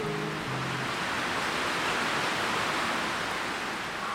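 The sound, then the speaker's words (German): Stormy wind rushes through the swaying treetops of a forest during a forest bathing session in a steady, unbroken roar, a dense hiss that swells slightly like surf. A faint low hum shows briefly at the start, with no voices. “Über uns biegen sich die Baumwipfel im Wind. Es ist stürmisch, aber nur da oben. Ein Schwanken um uns herum und ein Rauschen.”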